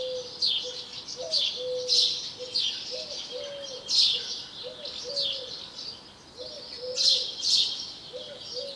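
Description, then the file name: House sparrow chirps in repeated noisy bursts, with a soft low note recurring beneath them. "Passer domesticus"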